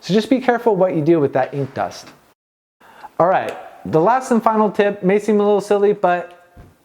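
Someone talks throughout while handling a plastic cap on a paint marker; the cap has not yet been pressed on. Nothing has clicked or seated yet; the clip ends just before the cap is pushed home to click shut and seal the tip so it does not dry out.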